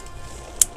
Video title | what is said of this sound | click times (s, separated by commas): Coleman 1P Swagger Tent | on the four poles we're just going to click them into place until you hear that click | 0.6 s